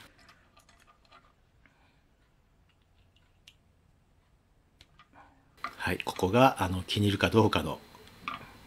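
The halves of a homemade split chopstick, a wooden tip glued to a stainless joint piece, are handled as the tip half is brought to the stainless joint of the other half. Faint small ticks and taps are heard during the first five seconds, then someone talks from about 5.6 s to the end. Nothing has seated or clicked yet.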